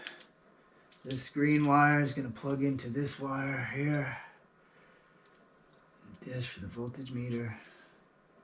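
Someone talks while handling the green wire connector for the voltage meter, lining it up with its mating plug on the wiring harness of a Razor MX650 electric dirt bike fitted with the E&C Ultimate Kit 2.1. A brief sharp tick sounds at about 0.1 s, then the talking runs until the clip ends. The connector has not clicked or seated yet.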